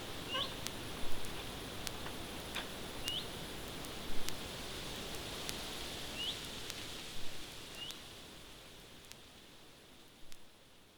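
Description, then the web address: Common redstart with four faint rising whistled calls at irregular intervals, set against a broad hiss and occasional sharp clicks. Recorded 10 September 2017. "fagelljud 20170910 rodstjart"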